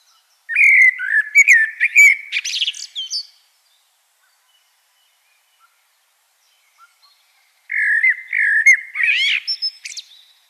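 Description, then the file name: Common blackbird singing two mellow, fluting phrases with scratchy high twitters, separated by about four seconds of quiet. "Turdus merula"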